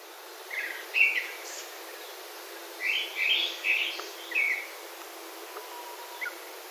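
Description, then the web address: Grey-backed thrush calling, a few short bright phrases, two early then a cluster of three after a pause, over steady background hiss. Recorded at Nagasaki on 29 April 2020. "karaakahara. 200429 nagasaki kuroda"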